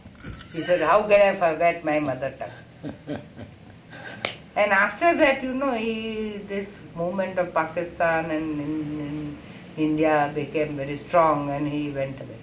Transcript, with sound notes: He said "How can I forget my mother tongue?" [Prabhupāda laughs]. And after that, you know, he..., this movement of Pakistan, and India became very strong and he went away.